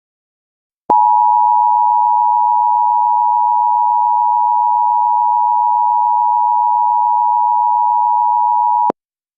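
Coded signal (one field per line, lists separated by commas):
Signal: Emergency Alert System (SAME) tones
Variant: 853 and 960 Hz attention tone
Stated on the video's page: Fictional Halloween EAS scenario, not a real alert.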